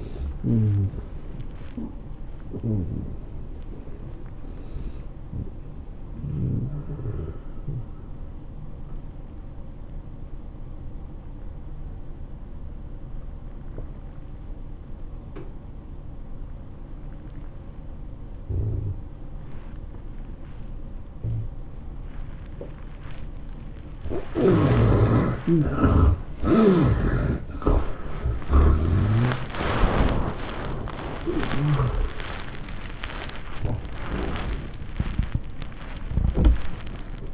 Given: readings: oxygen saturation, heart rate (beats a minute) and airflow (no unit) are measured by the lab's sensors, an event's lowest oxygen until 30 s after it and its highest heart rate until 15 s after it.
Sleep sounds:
breathing in sleep by a smartphone at the bedside; 1
8.00-27.70 s: obstructive apnea (N1, oxygen 95% highest, then 82% lowest, heart rate 114 at the start, 115 highest)
From the record:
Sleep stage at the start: N1 (lightest sleep); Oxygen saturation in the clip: 71 to 95%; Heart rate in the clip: 94 to 114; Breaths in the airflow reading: 5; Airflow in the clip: -20.0 to 14.8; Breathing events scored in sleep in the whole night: 403 in 5.5 hours asleep

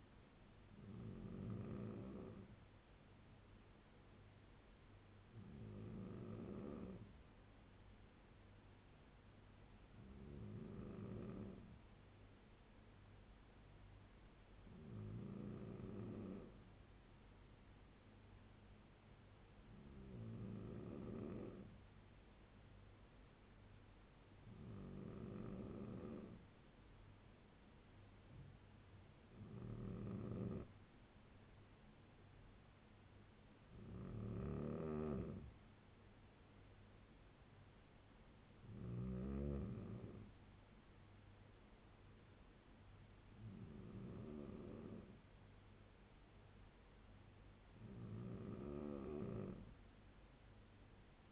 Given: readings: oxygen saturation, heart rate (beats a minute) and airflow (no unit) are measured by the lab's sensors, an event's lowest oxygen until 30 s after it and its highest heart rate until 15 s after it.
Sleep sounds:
breathing in sleep by a voice recorder at the bedside; none
47.00-51.32 s: new sleep stage, N3 (deep sleep)
From the record:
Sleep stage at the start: N2 (light sleep); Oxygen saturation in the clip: 94 to 96%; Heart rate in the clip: 69 to 76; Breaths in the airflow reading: 11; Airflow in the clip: -3.8 to 4.3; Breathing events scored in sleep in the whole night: 201 in 6.5 hours asleep

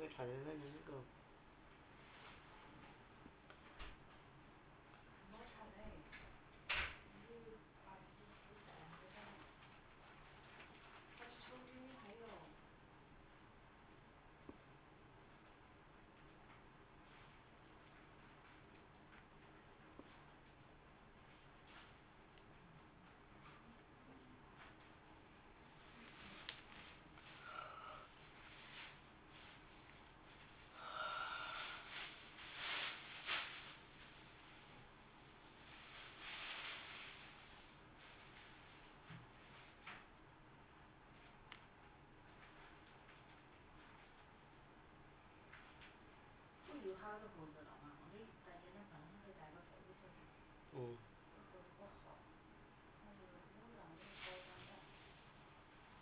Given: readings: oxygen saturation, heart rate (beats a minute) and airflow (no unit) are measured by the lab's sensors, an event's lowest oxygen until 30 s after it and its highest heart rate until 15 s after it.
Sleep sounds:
a person awake in a sleep study, by a voice recorder at the bedside; none
0.00-56.02 s: awake
0.00-56.02 s: awake
From the record:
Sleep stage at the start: awake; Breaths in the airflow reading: 22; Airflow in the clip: -0.7 to 1.1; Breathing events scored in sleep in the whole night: 328 in 6.3 hours asleep

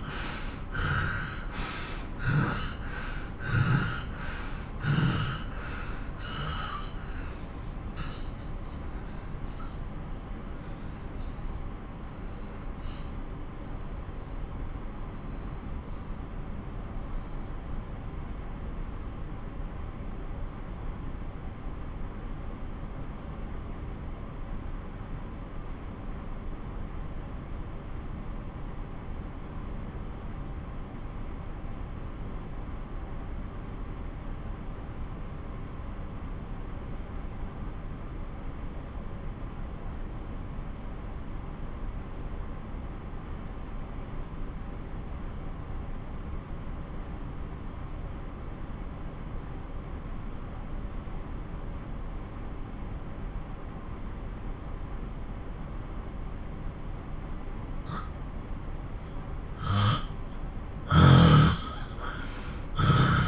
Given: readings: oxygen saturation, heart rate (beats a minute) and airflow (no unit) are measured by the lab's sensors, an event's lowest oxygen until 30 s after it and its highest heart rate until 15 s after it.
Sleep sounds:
breathing in sleep by a smartphone at the bedside; 1
5.00-54.80 s: obstructive apnea (N1, oxygen 96% highest, then 85% lowest)
21.00-51.00 s: new sleep stage, N2 (light sleep)
51.00-63.28 s: new sleep stage, N1 (lightest sleep)
From the record:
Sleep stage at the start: N1 (lightest sleep); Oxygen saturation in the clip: 80 to 96%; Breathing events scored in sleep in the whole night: 217 in 6.3 hours asleep

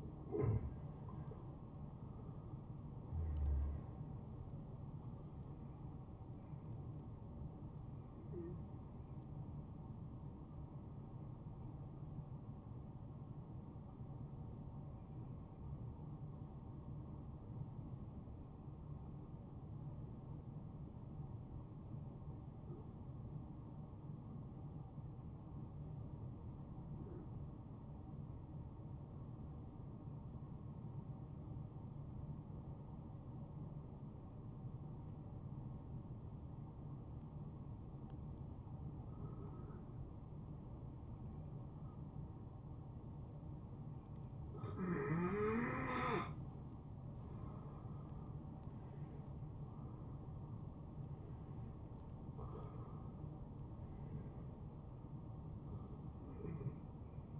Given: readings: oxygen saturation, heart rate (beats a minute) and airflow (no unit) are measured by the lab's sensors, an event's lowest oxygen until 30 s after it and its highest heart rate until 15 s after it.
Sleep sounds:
breathing in sleep by a smartphone at the bedside; 1
3.00-33.00 s: new sleep stage, N1 (lightest sleep)
14.00-51.80 s: hypopnea (N1, oxygen 95% highest, then 88% lowest, heart rate 69 at the start, 75 highest)
33.00-57.40 s: new sleep stage, N2 (light sleep)
From the record:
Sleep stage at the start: N2 (light sleep); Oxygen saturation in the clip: 85 to 95%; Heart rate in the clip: 51 to 75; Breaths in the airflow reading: 6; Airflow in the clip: -17.1 to 12.0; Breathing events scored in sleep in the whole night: 263 in 5.5 hours asleep

